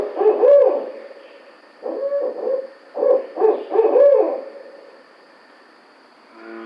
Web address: Barred Owl 2009 06 05 Barred Owl